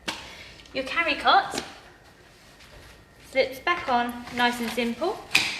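A carry cot is being lowered back onto the chassis adapters of a Bugaboo Donkey 3 pushchair while someone talks. A short sharp sound comes right at the start, around 0.1 s. Nothing has seated or clicked yet, and the clip ends just before the carry cot locks into place.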